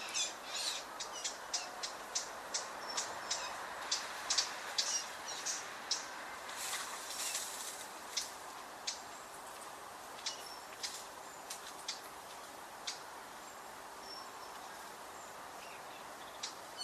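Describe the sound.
Eurasian blackcap calls, rapid hard ticks in quick bursts, then spacing out and fading, over a steady noisy background.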